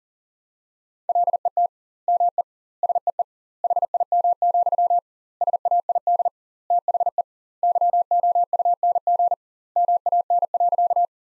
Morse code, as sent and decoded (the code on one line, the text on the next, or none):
.-.. . - / -- . / ... . . / .... .. -- --..-- / ... .- .. -.. / - .... . / -.-- --- ..- -. --. / -- .- -. .-.-.-
LET ME SEE HIM, SAID THE YOUNG MAN.